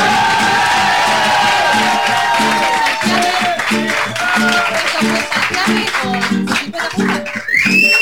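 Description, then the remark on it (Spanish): A loud, sustained roar of crowd cheering and applause fills the whole stretch, with high whoops and shouts rising above the dense clapping and a steady rhythmic pulse underneath. “Yo debo decir, antes me voy a despedir de esta gran amistad y me quiero ir con el grito y el aplauso más grande del universo.”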